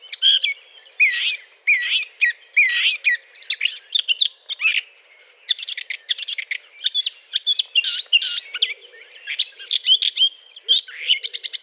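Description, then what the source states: Eurasian blackcap song, a lively warble of looping, slurred notes that turn into fast, scratchy chattering phrases with brief pauses between bursts. Courtship song.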